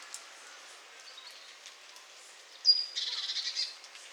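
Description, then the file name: Great tit call: a thin high whistle followed by a short buzzy, rattling churr, against a quiet background with soft chirps. "Parus major"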